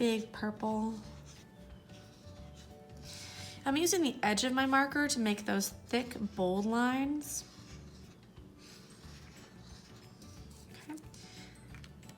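Someone talks over music, then a plastic cap is pushed onto a felt-tip marker near the end, producing only faint small hits. No click is heard; the cap has not clicked into place, though it is on and tight.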